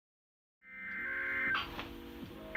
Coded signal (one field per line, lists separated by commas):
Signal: Emergency Alert System (SAME) tones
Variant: header bursts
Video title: EAS Alerts #83-92: 11 Colorado Alerts which includes a Double Header EAS (6/19/2018)